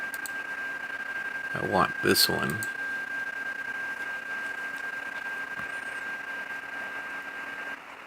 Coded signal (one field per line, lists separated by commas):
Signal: PSK31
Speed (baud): 31.25 baud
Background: speech, radio noise